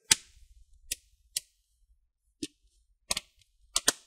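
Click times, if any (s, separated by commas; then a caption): 0.1 s, 1.4 s, 3.1 s, 3.8 s, 3.9 s. A Dell 15 5000 Series laptop's plastic bottom cover is aligned with the top case and squeezed at the corner and along the edges so its plastic clips snap into place. Sharp clicks are heard at 0.1, 1.4, 3.1, 3.8 and 3.9 seconds. The cover clips seat home.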